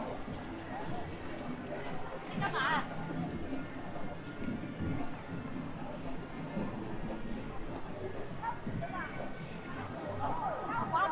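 Crowd sound at Hongyadong in Chongqing: many voices talking over one another in a steady, dense murmur for the whole clip. A brief brighter burst stands out near the three-second mark, and a few clearer nearby voices rise above the babble later on.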